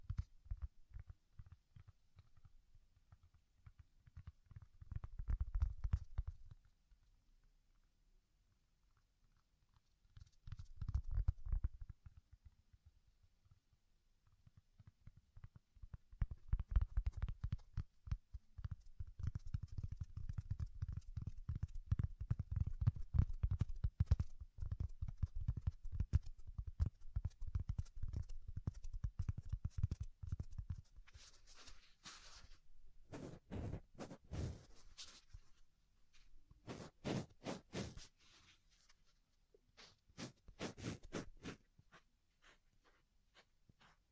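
Soft, fluffy ASMR triggers of rubbing and brushing, made of quick dense scratchy strokes with a low muffled thump underneath. Bursts come near 5, 11 and 16 seconds, a steady stretch runs to about 31 seconds, then brighter crisp swipes recur every few seconds.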